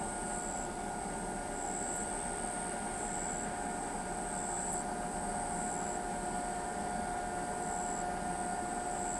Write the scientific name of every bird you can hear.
none